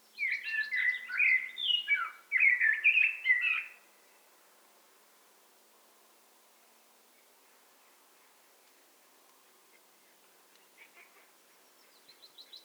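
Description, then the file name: Eurasian blackbird song: a burst of quick, tumbling fluty and squeaky notes, then a long quiet stretch with faint notes near the end. "Turdus merula"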